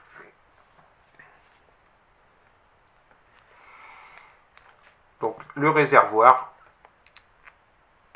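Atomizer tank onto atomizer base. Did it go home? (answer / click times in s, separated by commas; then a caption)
no / none. Someone handles the metal tank of a rebuildable vape atomizer, about to press it onto its base where it clips on, with a few faint taps and a soft rustle, then someone talks briefly around 5.2 to 6.7 seconds, followed by light ticks. Nothing has seated or clicked yet; the clip ends just before the tank goes home on the base.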